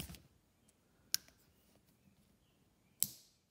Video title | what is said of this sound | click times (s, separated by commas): Lamy Scala Fountain Pen - Upscale Design, Same Great Nib | cap goes on and off and just a really incredible click you could just hear it just | 1.1 s, 3.0 s